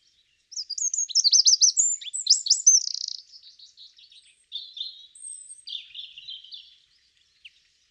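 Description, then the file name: Eurasian wren, a fast torrent of high piercing notes for two and a half seconds, trailing off into softer, lower chattering phrases. "Troglodytes troglodytes"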